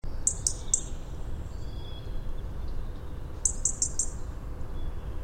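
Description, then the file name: European robin song: two bursts of three or four very high, thin notes in quick succession, with faint softer warbles between, over a steady low rumble. "Erithacus rubecula"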